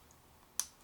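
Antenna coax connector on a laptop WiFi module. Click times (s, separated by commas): 0.6 s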